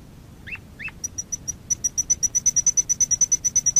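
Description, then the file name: Waterslager canary song, soft and fairly quiet: two short notes, then a run of high, rapid, evenly repeated pips that grows louder at first. "waterslager"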